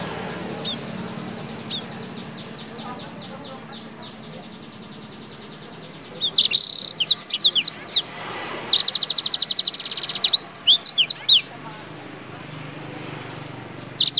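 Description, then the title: Oriental magpie-robin song after a quiet start of faint ticking notes: loud bursts of rapid trills and sweeping whistles from about six seconds onward. "Kicau Kacer"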